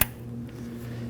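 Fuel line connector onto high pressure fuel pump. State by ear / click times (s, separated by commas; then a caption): seated / 0.0 s. A high pressure fuel line quick connector is slid onto the high pressure fuel pump of a 2011-2016 Kia Optima and gives one sharp, bright click at 0.0 s. A low steady hum follows for the rest of the clip. The connector is seated.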